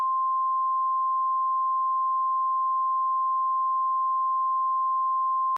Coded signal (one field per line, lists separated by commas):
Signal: Emergency Alert System (SAME) tones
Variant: 853 and 960 Hz attention tone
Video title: EAS Classic; Rhino Attack EAS (Original)